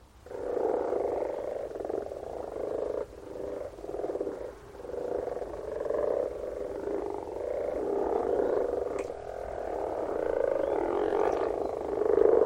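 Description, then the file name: Long frog chorus of repeated grating croaks, many callers overlapping in surging waves that grow slightly louder toward the end. "Frogs - Frog voises Sounds captured"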